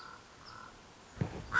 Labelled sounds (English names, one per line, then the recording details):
Common Raven
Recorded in Sonoma County, California